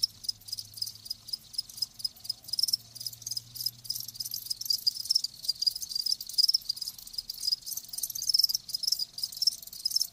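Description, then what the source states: High shrill cricket chorus of rapid chirping pulses, continuous, with a soft low hum in the background. Live crickets chirping in a lulling song.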